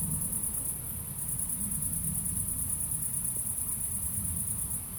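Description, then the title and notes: Crickets produce a bright, high trill with a brief dip near one second, backed by a gentle low rumble. Crickets at night in Aveize, France, with cars in the distance; recorded with a DPA-2006c AB pair into an SD MixPre-3. "69610 Aveize, France - Grillons - Crickets. Grillons la nuit, quelques voitures dans le lointain. Crickets at night, cars in the distance"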